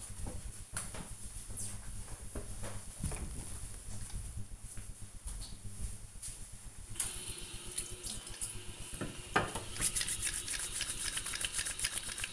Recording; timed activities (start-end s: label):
household activities, microphone on the right wrist
8.06-12.33 s: washing hands